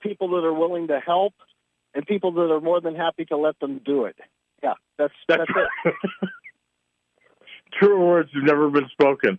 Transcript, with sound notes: People that are willing to help and people that are more than happy to let them do it.
Yeah, that's-
That's right. (laughs) That's it. Truer words have never been spoken.